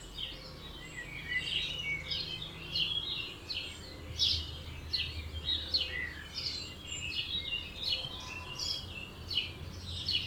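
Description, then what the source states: Dawn chorus of birds, dense high chirps and rapid twittering throughout, over a faint low steady hum. Dawn chorus recorded at 4am in Oberhofen, Inntal, Austria; binaural recording.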